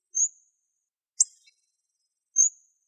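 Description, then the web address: Hawfinch calls: three short, sharp, very high ticking notes about a second apart, the middle one more explosive, against silence. "Coccothraustes coccothraustes"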